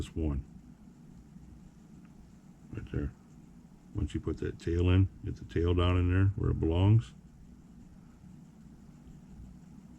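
The tail of a wire retaining clip is worked down into the pocket of a Kyosho MP10T RC shock body before the other side is pushed in. Someone talks over faint handling sounds against a low steady background hum. Nothing has seated or clicked yet.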